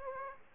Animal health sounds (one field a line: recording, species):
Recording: mosquito wingbeat signal from an infrared sensor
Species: Aedes aegypti